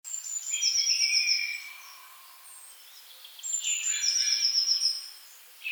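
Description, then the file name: Eurasian blue tit giving a high, fast buzzy trill twice, a few seconds apart, amid other thin high whistles and steady background hiss. "Cyanistes caeruleus"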